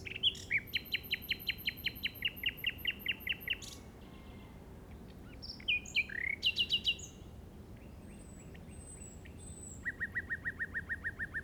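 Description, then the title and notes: Common nightingale singing varied phrases: a long rapid series of repeated clicking notes, a pause, a burst of mixed whistles and rattles, then another fast repeated run. Recorded in the Llobregat Delta at 06:00 on 8 May 2015 with a Zoom recorder. "Grabación de ruiseñor común (Luscinia megarhynchos) en el Delta del Llobregat a las 06:00 del 08/05/2015."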